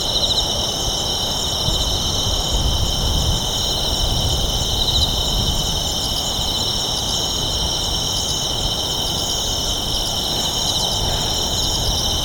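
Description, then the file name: Night insects keep up a dense, unbroken high-pitched trilling, layered in several bands, while a low hum of town traffic runs underneath. Night insects in Kashiwa town, Japan, at night with town ambience; mid-side stereo. "Japan Kashiwa Town Night Bugs and Ambience"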